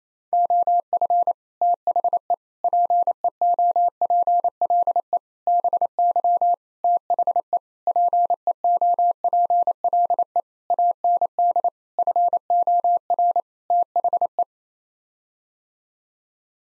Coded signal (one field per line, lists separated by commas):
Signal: Morse code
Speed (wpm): 28 wpm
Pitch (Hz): 700 Hz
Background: none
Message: OF THE PEOPLE BY THE PEOPLE AND FOR THE